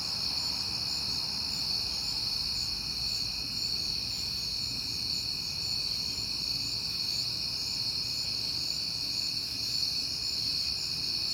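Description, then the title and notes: Crickets trill in a continuous high chorus of layered tones, unchanging throughout, with a faint low rumble beneath. Crickets heard often in September; recorded at night on a peaceful night. "Night Time: Crickets and Passing Cars. It is September and I have been hearing the crickets a lot, but finally had a peaceful night to make the recording"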